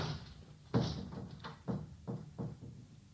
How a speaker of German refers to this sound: Wer hat denn die Tür aufgerissen? Das muss der Wind gewesen sein.